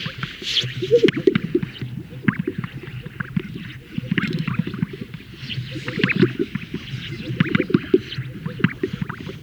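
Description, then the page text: Greater sage-grouse displaying: overlapping deep popping gulps from several birds, with scattered swishing and thin whistles above, continuous all the way through. Males performing at a lek, inflating a large sac and releasing the air. "Greater Sage Grouse Lek Sound Effect. Funny Sound Effects. Greater Sage Grouse males performing at a lek, where they inflate a large sac and release the air"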